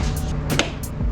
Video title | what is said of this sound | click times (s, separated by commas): 10th Gen CIVIC LED SIDE MARKERS INSTALL - Project CTR (2021 Honda Civic Type R FK8) | There we go. Wow, this thing snaps right in. | 0.6 s